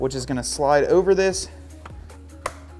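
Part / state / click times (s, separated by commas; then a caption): PCV hose fitting onto intake tube port / seated / 2.5 s. A PCV hose quick-connect fitting on a 2020 Jeep Gladiator is slid over the port in the center section of an Airaid MXP Series cold air intake tube while someone talks over music. After the talking stops, a sharp click at 2.5 s marks the fitting latching fully seated.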